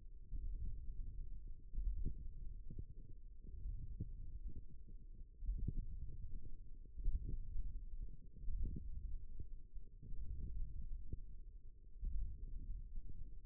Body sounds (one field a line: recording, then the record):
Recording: forearm muscle sounds (acoustic myography)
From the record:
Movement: index flexion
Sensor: system 1, eight BSWA MPA416 microphones around the upper forearm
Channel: 2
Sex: male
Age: 18 years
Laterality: right